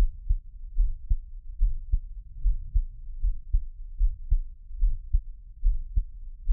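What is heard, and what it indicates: Soft, deep thumps repeat at about 73 beats a minute, often in lub-dub pairs, over a low rumbling hum. It is an ordinary adult heartbeat with a steady rate and no extra sounds standing out, recorded very close for ASMR listening with no talking.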